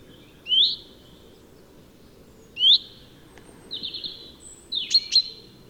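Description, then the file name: Common chaffinch calls: two sharp upward-sweeping notes about two seconds apart, then two longer, harsher buzzy notes near the end over faint low rumble. "Fringilla coelebs"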